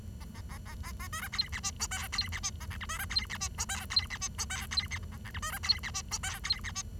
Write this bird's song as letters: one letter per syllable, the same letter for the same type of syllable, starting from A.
A A B B B B C D E F G H I E F G A J K C D E F G H I E F G C D E F A J K C D E F G H I E F G